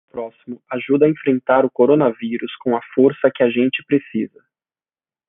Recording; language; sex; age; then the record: spoken sentence; Brazilian Portuguese; male; 20 to 29 years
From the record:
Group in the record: control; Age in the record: 27 years